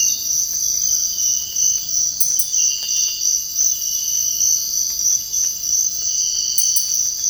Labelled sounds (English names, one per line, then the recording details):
none
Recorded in dense forest near Puerto Asís, Putumayo, Colombia, on 19 February 2024 at 05:30
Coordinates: 0.485, -76.325
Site G6429